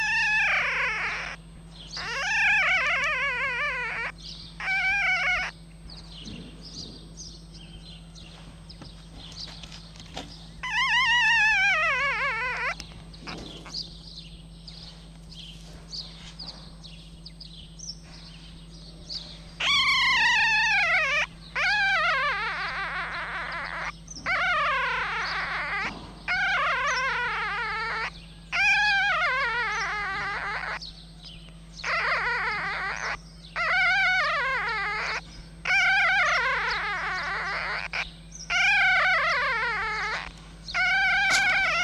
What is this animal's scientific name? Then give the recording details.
Vulpes vulpes. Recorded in captivity. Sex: diverse. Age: diverse. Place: Zoologisches Institut der HUB, Berlin, DE. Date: 1956-05-03 13:15. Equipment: Elmetra. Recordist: Tembrock, Günter